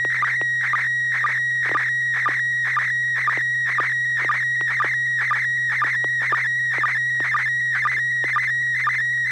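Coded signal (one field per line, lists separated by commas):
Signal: SSTV (slow-scan television)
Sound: warbling tone around 2 kHz, steady buzzing rhythm with short low sync chirps twice a second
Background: low hum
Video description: The River City ARCS SSTV Net is held Wednesday evenings at 9:00 PM Pacific Time on the N6NA FM repeater on 441.300 MHz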